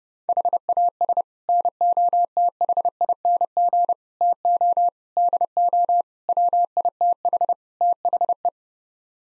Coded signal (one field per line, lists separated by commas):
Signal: Morse code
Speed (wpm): 30 wpm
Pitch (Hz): 700 Hz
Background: none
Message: HAS NOTHING TO DO WITH THE